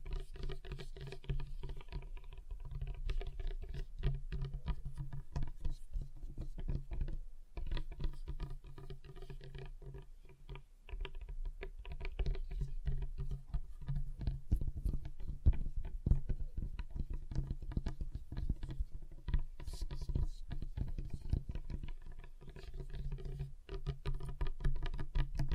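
Fingers tap on a table, a quick, busy patter of light knocks that runs almost without pause for the whole stretch. The taps come irregularly and densely, with a few brief lulls near 7 and 10 seconds, over a steady low hum.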